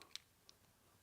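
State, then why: Seated. The cap of a freshly assembled cap-style (non-twist) pen is snapped onto the pen body, and it seats with a sharp, bright click at about 0.2 seconds. Fainter ticks are heard near 0.0 and 0.5 seconds, with quiet background noise between them.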